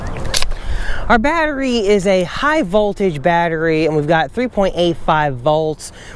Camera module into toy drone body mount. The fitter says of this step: gonna need to give it some force it'll pretty much just snap into place just don't be afraid to give it some force